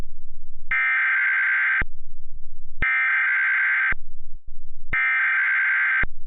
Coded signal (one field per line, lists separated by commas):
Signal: Emergency Alert System (SAME) tones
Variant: header bursts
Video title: EAS Remake 2: Rome EF3/EF4